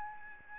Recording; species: mosquito wingbeat signal from an infrared sensor; Aedes albopictus